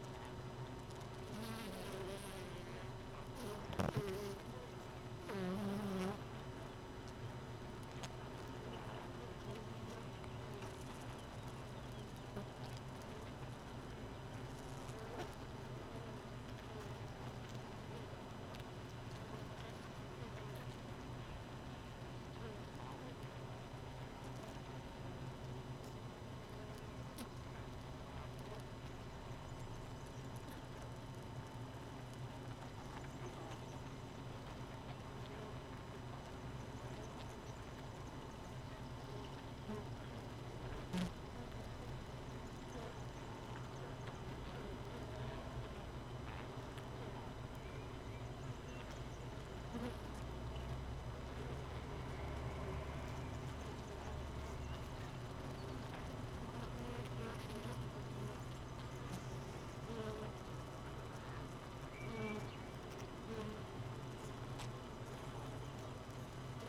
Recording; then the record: honeybee colony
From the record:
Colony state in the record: missing queen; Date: 31 May 2018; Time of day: 4:24